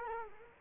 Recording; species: mosquito wingbeat signal from an infrared sensor; Culex quinquefasciatus